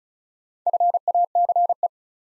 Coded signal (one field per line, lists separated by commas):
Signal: Morse code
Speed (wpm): 36 wpm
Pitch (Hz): 700 Hz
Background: none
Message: FACE